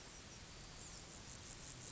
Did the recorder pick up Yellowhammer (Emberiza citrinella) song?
no